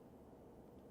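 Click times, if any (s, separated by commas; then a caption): none. A sensor is handled against the plastic mounting clip from a disposable kit as it is pressed on. Only a steady low rumble is heard, with no distinct transients. Nothing has seated or clicked yet.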